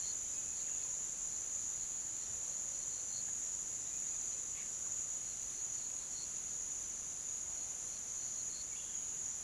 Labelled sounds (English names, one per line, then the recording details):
none
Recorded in pastures near Puerto Asís, Putumayo, Colombia, on 19 June 2025 at 07:30
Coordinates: 0.487, -76.322
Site H26